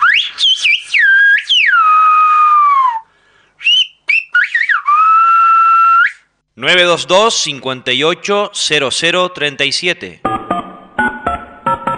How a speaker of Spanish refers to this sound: Con ese regalo que los maestros gomeros me hicieron. Vamos a decirlo silbado. Haitiden Radio.